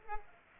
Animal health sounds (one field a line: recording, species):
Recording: mosquito wingbeat signal from an infrared sensor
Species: Culex pipiens